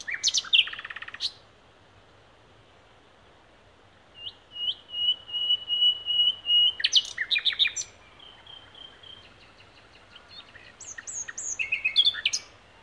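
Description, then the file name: Common nightingale song: loud opening phrase, a long series of soft pure whistles building in volume, then a harsh burst and varied quick notes. "Luscinia megarhynchos"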